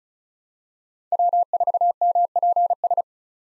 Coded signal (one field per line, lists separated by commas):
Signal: Morse code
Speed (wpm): 34 wpm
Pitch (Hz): 700 Hz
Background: none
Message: W4MPS